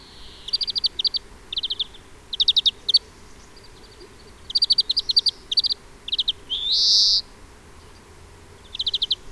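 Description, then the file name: European greenfinch calls: short rapid trilled chatters in repeated bursts, plus one long wheezy buzzing note. "Chloris chloris"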